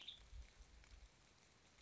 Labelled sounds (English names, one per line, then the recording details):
Western Tanager
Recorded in Sonoma County, California